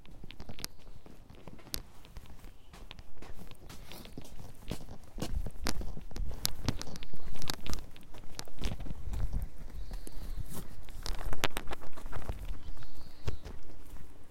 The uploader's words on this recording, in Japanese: 朝、苗ハウスまで歩いていく。鳥の囀りが聞こえる中、苗ハウスまで歩いて行きます。